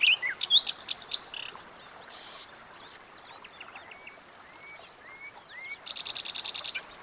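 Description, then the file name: Common nightingale song: phrases of quick repeated chirps and a buzzy note, softer scattered whistles, then a fast, even, high trill. "Luscinia megarhynchos"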